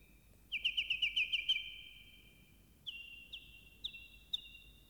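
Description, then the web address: Bird gives a quick burst of rapid trilled notes, then several flat whistled notes about half a second apart. "animali uccelli uccelli birds"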